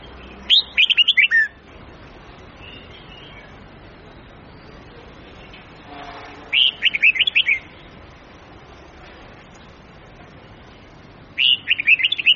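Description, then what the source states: Red-whiskered bulbul repeating a short, lively phrase of bubbly whistled notes three times, roughly every five seconds, with light background noise between. Huế-style bulbul song, long phrases of 9 to 12 notes, with the phrases varied continuously.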